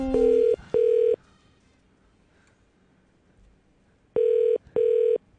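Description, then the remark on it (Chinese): A telephone ringing tone sounds in two double bursts, each a steady buzzy pair of rings, separated by about three seconds of near silence. No one speaks. A Hong Kong radio (RTHK) host is calling an artist whose song entered the station's Chinese song chart, to congratulate them. “咁而家先打俾第一个，恭喜佢只歌上榜啊！”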